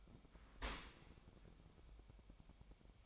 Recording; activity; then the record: daily activity, microphone in the room; open dishwasher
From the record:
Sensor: 1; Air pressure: 1003.1 hPa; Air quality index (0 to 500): 196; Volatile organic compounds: 6 ppm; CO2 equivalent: 1869 ppm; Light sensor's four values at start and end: 19/48/20/24 and 20/48/20/24